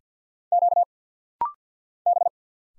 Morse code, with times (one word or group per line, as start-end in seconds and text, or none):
0.5-0.8 Q
2.1-2.3 B